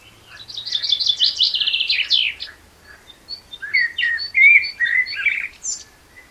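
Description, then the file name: Common blackbird song: a rapid, squeaky high twitter, a few thin chips, then round, fluted whistled notes and a final high squeak. "Turdus merula"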